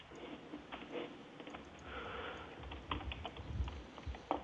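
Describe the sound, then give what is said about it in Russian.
Quick, irregular clacking of computer keyboard keys, a steady stream of light taps with occasional harder strikes, fairly quiet, with no voices. “ты, может, своими копытами, блядь, по клавишам не попадаешь?”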